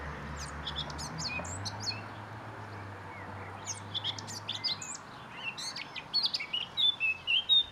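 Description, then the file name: Eurasian blackcap song: scratchy high notes early, then clear, loud, fluted whistles near the end, over a steady low hum. "Sylvia atricapilla"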